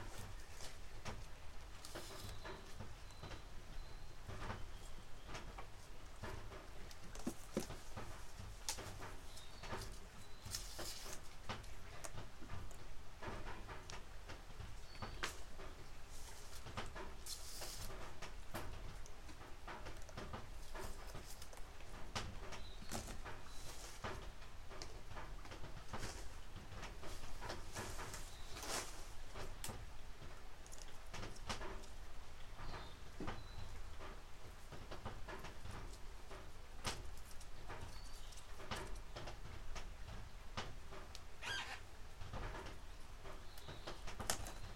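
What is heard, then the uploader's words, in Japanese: Harvested green onions are being prepared: peeled, trimmed, weighed and bundled. A steady low rumbling hum runs throughout at an even level, while sharp snaps, crackles and rustling handling noises come irregularly every second or so, with an occasional faint high whine. 出荷日の昼下がり。収穫してきたネギの調整作業中(皮むき、葉落とし、軽量、束にする)。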